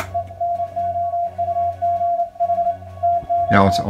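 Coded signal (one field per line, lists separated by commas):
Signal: Morse code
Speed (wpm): 28 wpm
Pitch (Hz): 690 Hz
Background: speech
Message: ENOUGH TO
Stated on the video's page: Morse from a uBITX transceiver with modifications, heard through different audio filters.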